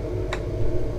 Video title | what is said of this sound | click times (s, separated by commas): €323,000 Yacht Tour : Beneteau Swift Trawler 37 | they click into place like that. Fantastic. | 0.3 s